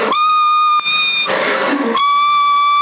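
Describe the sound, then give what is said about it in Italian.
A person whistles a single steady note held for about three seconds into a CB radio microphone in Sassari, the transmitter reaching about 30 watts on the whistle; thin and band-limited with buzzy overtones and a brief burst of static hiss partway through. “Quando fischio sono 30, ma sul parlato sono 20.”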